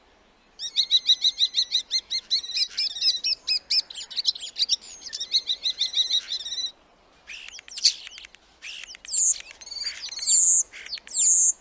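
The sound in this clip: Black starling song: a dense burst of rapid buzzy, harmonic chatter notes, then a short pause and scratchy high whistles and squeals.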